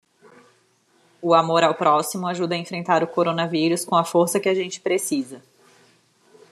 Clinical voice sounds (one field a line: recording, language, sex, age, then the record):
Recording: spoken sentence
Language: Brazilian Portuguese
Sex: female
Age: 40 to 49 years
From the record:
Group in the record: control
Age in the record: 41 years